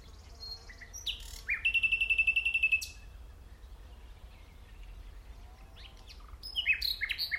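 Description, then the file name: Common nightingale song with a fast, loud, even rattling trill lasting over a second, then quieter pause and a burst of sharp high notes. "Luscinia megarhynchos"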